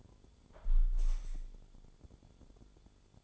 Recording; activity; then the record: daily activity, microphone in the room; close window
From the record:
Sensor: 5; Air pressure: 1014.9 hPa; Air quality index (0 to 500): 106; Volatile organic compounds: 2 ppm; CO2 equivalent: 1140 ppm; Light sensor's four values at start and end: 35/81/33/31 and 35/81/33/31